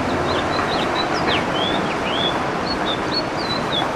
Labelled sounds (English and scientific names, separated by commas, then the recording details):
House Finch (Haemorhous mexicanus) song
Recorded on Long Island, New York, on 21 June 2011
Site IT
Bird B